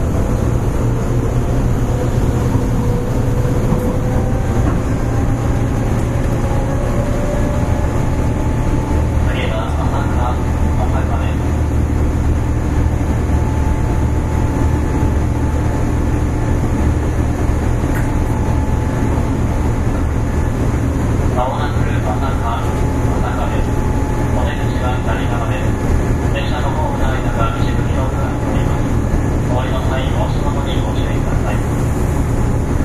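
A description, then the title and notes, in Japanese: Onboard recording of an older electric commuter train running, with a steady, heavy low rumble and hum that stays constant throughout. Faint voices surface now and then, around ten seconds and again near the end, over a thin high whine. 阪和線103系電車 鳳から天王寺まで。JR103系電車の走行音です。阪和線の普通列車にて収録しました。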